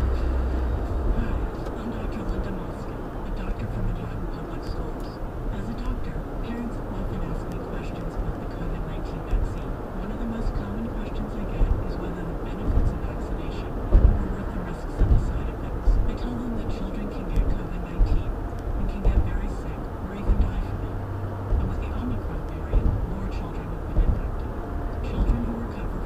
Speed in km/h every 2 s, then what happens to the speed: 90, 90, 89, 93, 95, 97, 93, 92, 90, 89, 89, 89, 89.
0-11 steady at about 90. 11-15 slows to 90. 15-26 steady at about 89.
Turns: none.